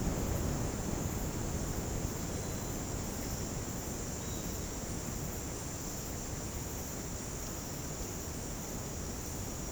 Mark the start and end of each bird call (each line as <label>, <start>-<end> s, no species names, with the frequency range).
bird call (3.1-4.5 kHz), 4.17-4.41 s